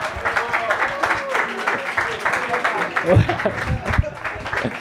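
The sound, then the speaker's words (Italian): A comedy night crowd applauds with dense, steady clapping for about five seconds, swelling slightly midway, while voices and cheers mix into the noise. “Un grande applauso”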